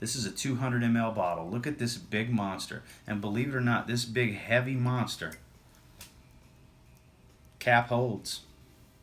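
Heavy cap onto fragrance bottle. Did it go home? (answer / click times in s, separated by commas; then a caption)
no / none. Someone talks while handling a large, heavy cap and a 200 ml fragrance bottle, with faint short handling sounds around 6.0, 7.0 and 7.5 seconds before the talk resumes. Nothing has seated or clicked yet; the clip ends before the cap goes home on the bottle.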